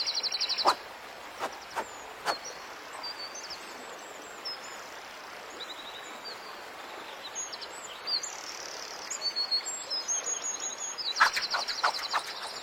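A mountain stream rushes steadily beneath bright, high birdsong, with chirps and short trills scattered throughout. Sharp snapping clicks land in a quick cluster in the first two seconds and again around the eleventh second.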